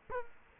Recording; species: mosquito wingbeat signal from an infrared sensor; Culex quinquefasciatus